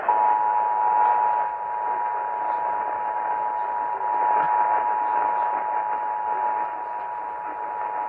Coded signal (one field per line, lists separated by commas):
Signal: Emergency Alert System (SAME) tones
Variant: 853 and 960 Hz attention tone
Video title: Massachusetts AMBER ALERT on WBZ (2/27/23)(EAS 1373)